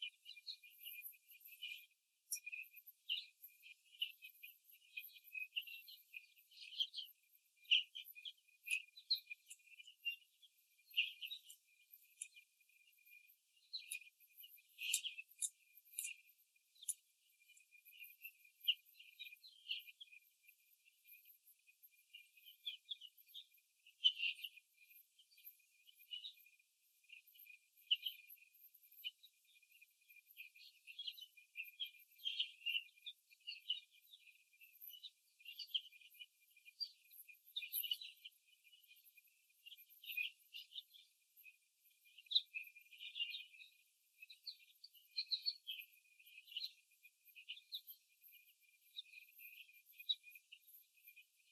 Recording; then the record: young laying hens in a cage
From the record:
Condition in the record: after the stressor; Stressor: simulated dog barking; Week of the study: 3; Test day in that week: 1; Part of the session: 4